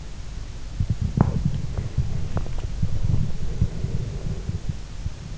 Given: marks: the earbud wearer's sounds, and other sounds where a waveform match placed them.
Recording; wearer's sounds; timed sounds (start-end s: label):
sounds in sleep by an in-ear microphone; breath
0.77-5.38 s: sound from someone else or the room
1.06-2.59 s: breath
2.88-4.73 s: breath